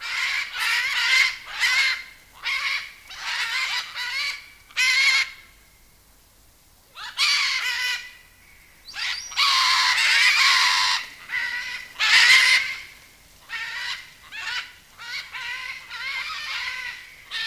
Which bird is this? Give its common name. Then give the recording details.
Red-and-green Macaw. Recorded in captivity. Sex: group. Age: adult. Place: Tierpark Carl Hagenbeck, Hamburg, DE. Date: 2000-11-26 13:09. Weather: cloudy, 5-6°C. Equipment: Nagra SN, Kopie Uher 4000 Report Monitor. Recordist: Tembrock, Günter